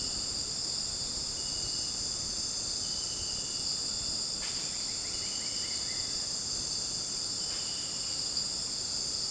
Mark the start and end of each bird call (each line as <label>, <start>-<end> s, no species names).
bird call, 4.91-6.11 s